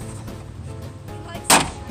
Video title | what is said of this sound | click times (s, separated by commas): 2006 Ford E-350 Econoline Door Latch Cable Fix Part 2 | Alright, so that snaps into place with clips underneath. | 1.5 s